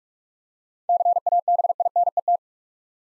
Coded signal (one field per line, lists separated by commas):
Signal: Morse code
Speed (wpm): 46 wpm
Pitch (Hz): 700 Hz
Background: none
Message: CABINET